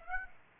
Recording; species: mosquito wingbeat signal from an infrared sensor; Aedes aegypti